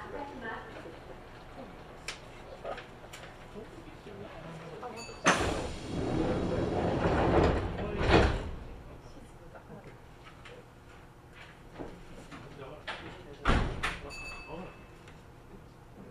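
Inside a Kintetsu Osaka Line semi-express train, a low steady hum runs under faint voices and small clicks. Around five seconds a loud hissing rush swells and cuts off near eight seconds, and a short sharp thud-like burst follows near thirteen seconds.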